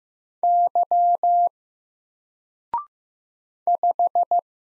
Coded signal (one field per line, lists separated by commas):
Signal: Morse code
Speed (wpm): 15 wpm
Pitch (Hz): 700 Hz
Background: none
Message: Y 5